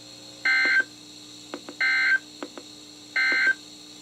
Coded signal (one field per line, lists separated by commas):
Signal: Emergency Alert System (SAME) tones